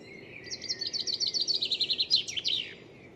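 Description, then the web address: Bird delivers a single fast trill of many sharp, high notes, ending in a few louder chirps. "cianscape birddata Deverinetal 2025 File origin Bird Only"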